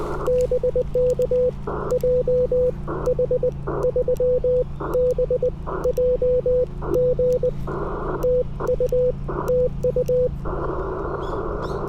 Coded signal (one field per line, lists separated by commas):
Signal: Morse code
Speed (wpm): 20 wpm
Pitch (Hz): 500 Hz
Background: radio noise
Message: BK JH3BJG TU TU